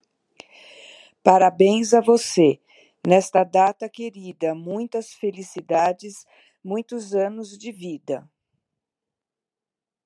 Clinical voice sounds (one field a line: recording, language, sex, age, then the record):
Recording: short text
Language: Brazilian Portuguese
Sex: female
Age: 50 to 59 years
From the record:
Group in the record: control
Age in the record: 58 years